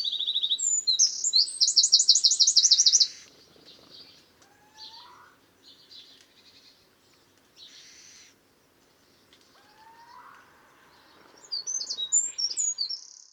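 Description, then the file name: Eurasian wren giving a loud, fast rattling trill for about three seconds, then quiet with faint birdsong, before another burst of high twittering near the end. "Troglodytes troglodytes"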